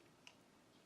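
A rechargeable battery pack is pushed into the battery compartment of a Besteker HD 1080p handheld camcorder, arrows and rounded end leading. A single very soft, brief click comes at 0.3 s against quiet background hiss. The battery seats.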